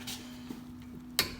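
A click-type torque wrench tightens the second brake caliper bracket bolt on the front brakes of a 2006-2012 Ford Fusion to 52 ft-lb. After a quiet stretch with a steady low hum and a few faint ticks, the wrench gives one sharp click at 1.2 s, showing the bolt has reached its torque setting.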